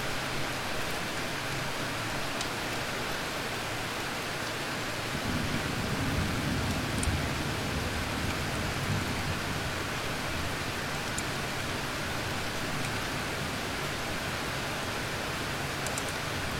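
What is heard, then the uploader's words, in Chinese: A cool autumn rain falls without stopping, a dense, even hiss that holds steady from start to finish. A faint low rumble swells slightly around the middle, and a few sharp ticks of drops hitting surfaces stand out now and then. 秋雨微凉淅沥不停。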